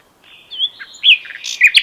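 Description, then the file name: Common nightingale phrase: a soft rising note and warbled whistles, building into loud, rapid chattering notes at the end. "Luscinia megarhynchos"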